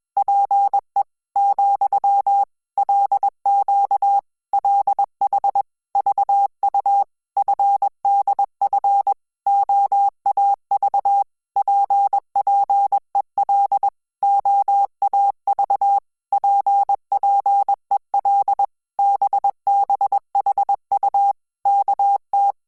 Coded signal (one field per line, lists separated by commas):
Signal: Morse code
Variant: Korean alphabet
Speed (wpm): 21 wpm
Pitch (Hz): 800 Hz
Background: none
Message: 자 , 개 구 리 는 폴 짝 폴 짝 뛰 어